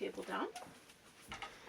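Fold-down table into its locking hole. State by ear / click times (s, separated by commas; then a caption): seated / 1.3 s, 1.4 s. A fold-down table in a tiny house is lowered and drops into a small hole that locks it in place so it can't accidentally be kicked out. Someone talks at the start, then two quiet knocks are heard at 1.3 s and 1.4 s as the table seats.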